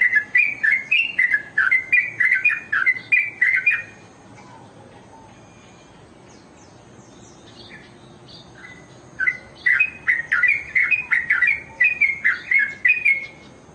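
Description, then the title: Oriental magpie-robin delivering fast chattering whistled phrases for about four seconds, falling quiet for five, then resuming with an equally rapid, varied burst. "Kicau Kacer"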